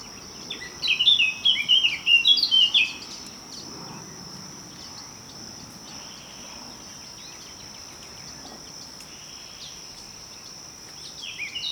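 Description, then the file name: Eurasian blackcap song: one quick warbled phrase of jumbled high notes early on, then quiet, with a steady high insect drone throughout. "Sylvia atricapilla"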